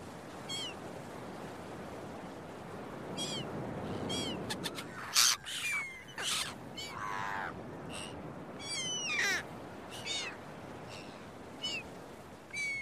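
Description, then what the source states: Gulls calling, many short harsh mewing cries overlapping and repeated throughout, some high and drawn out, over a steady wash of surf. Seagulls at a beach with waves, recorded early in the morning.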